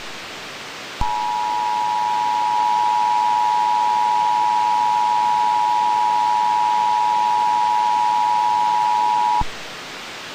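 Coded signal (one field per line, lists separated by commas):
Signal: Emergency Alert System (SAME) tones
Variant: 853 and 960 Hz attention tone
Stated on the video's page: Fictional EAS scenario.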